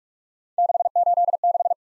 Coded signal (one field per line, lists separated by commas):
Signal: Morse code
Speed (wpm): 44 wpm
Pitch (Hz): 700 Hz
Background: none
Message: 686